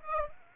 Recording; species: mosquito wingbeat signal from an infrared sensor; Aedes aegypti